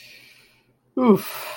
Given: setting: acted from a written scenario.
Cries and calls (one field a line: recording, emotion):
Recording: vocal sound without words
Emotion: guilt